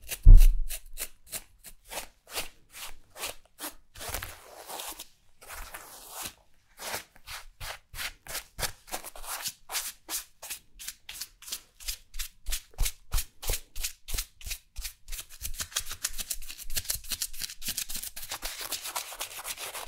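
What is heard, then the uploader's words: Quick, dry strokes of brushing and tapping on fabric repeat steadily, crisp with a papery rustle. Early strokes are sparse and soft, with a low thump at the start; from the middle on, they quicken into a dense run of scratchy taps. ASMR Body Brushing Fabric Sounds ( Massage, Tapping, Scratching ).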